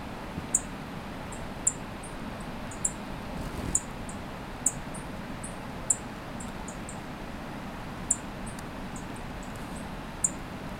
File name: bunting-yellow-throated -Emberiza-elegans